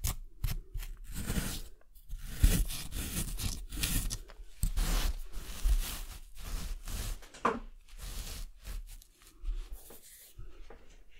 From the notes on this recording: Sounds maked with an excavation kit, like archaeological excavation.